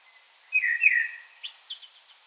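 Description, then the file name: Common blackbird song phrase: a rich, fluty warble that ends in a thin, high, squeaky twitter. "Turdus merula"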